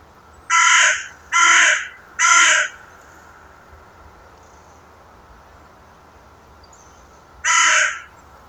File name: Corvus corone